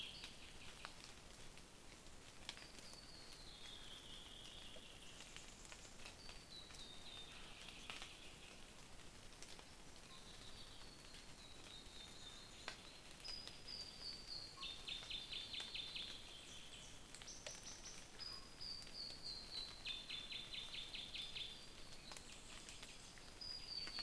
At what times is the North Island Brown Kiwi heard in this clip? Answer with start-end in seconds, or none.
none